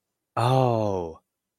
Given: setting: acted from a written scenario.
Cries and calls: vocal sound without words; awe

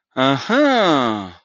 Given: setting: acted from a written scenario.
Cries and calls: vocal sound without words; realization

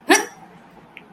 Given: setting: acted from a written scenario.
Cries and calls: vocal sound without words; anger

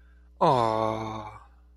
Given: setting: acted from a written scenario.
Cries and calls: vocal sound without words; adoration

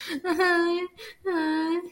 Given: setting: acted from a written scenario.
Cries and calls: vocal sound without words; pain

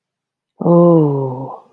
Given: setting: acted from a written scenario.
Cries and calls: vocal sound without words; awe

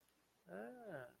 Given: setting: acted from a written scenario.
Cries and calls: vocal sound without words; desire

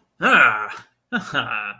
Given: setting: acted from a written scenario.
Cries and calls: vocal sound without words; triumph

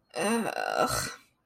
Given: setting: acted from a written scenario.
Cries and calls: vocal sound without words; shame

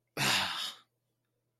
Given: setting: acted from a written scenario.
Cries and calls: vocal sound without words; contempt

